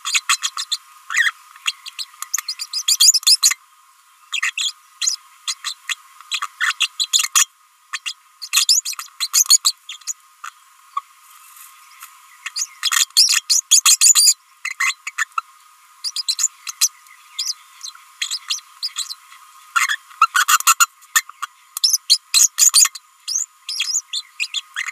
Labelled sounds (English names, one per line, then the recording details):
Green-rumped Parrotlet babbling
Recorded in a nest box in Venezuela
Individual 18B25A5